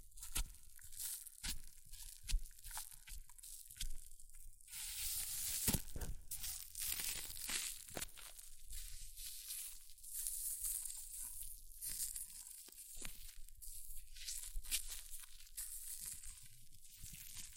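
Hair mousse fizzes and crackles in a dense, bright hiss of tiny pops that runs the whole time. Sharper crinkling and tearing bursts break in every second or so, and the hiss swells fuller from about five seconds on.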